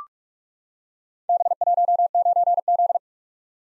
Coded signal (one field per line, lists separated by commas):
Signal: Morse code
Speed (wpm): 44 wpm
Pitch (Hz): 700 Hz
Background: none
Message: B19Z